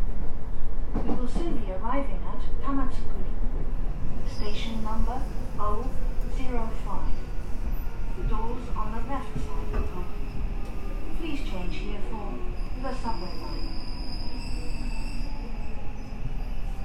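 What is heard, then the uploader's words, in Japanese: Running sound of a JR West 323 series train on the Osaka Loop Line: a steady low rumble fills the whole clip. Voices speak intermittently over it, and faint rising and falling tones drift through, with a brief high whine near the end. JR西日本 323系 環状線外回り 大阪から鶴橋まで。JR西日本 323系電車の走行音です。大阪環状線外回りの普通列車で録音しました。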